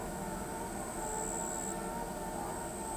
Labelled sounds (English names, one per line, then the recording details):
none
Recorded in pastures near Pivijay, Magdalena, Colombia, on 14 April 2023 at 21:00
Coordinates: 10.456, -74.369
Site P6-G026